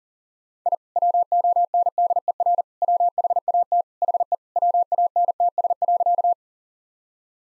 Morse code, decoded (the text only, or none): I WONDER WHAT HE WANTS.